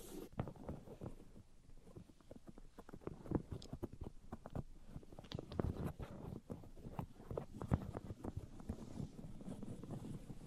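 Tapping and scratching sounds come in quick, irregular bursts throughout, with sharp taps scattered every fraction of a second and a few louder knocks near three, five and a half, and eight seconds. Softer scratchy rubbing fills the gaps, mostly low and dull.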